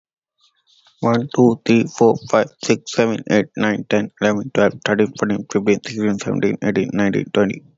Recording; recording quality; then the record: counting at a fast pace; excellent, no background noise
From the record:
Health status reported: healthy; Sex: male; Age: 21 years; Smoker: no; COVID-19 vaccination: both doses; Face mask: not worn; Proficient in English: yes